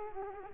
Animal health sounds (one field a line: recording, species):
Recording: mosquito wingbeat signal from an infrared sensor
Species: Culex quinquefasciatus